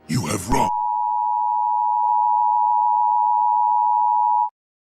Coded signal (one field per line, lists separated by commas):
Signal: Emergency Alert System (SAME) tones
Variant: 853 and 960 Hz attention tone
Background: speech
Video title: |EAS SCENARIO: INDOMINUS REX| A Jurassic World EAS Scenario